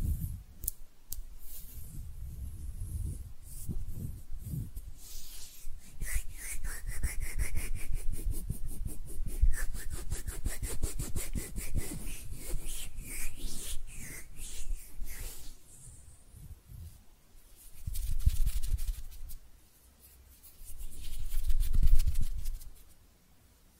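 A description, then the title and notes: Hands rub and scratch in a fast, dense patter through the middle, easing into slower soft brushing with two low swelling rubs near the end. ASMR Relaxing Hand Sounds (No Talking).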